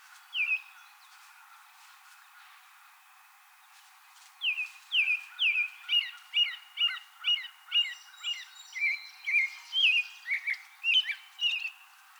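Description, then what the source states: American robin song: one note, a pause, then a long run of quick, repeated whistled downslurs, about two per second. Recorded 2020-04-24.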